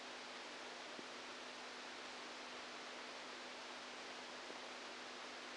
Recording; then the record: brain microelectrode recording played as sound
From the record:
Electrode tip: outside the subthalamic nucleus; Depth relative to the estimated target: -8 mm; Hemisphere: right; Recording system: NeuroSet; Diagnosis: Parkinson's disease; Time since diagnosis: 8 years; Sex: male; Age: 46 years